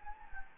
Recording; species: mosquito wingbeat signal from an infrared sensor; Anopheles gambiae